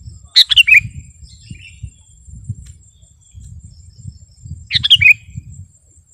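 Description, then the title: Sooty-headed bulbul: a rich, warbled phrase at the start and another near the end, with steady high-pitched insect whine and a low hum throughout. "kutilang"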